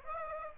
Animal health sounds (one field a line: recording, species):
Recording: mosquito wingbeat signal from an infrared sensor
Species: Aedes aegypti